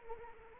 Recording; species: mosquito wingbeat signal from an infrared sensor; Anopheles arabiensis